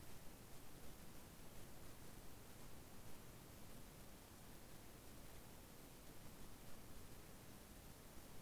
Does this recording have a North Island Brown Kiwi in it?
no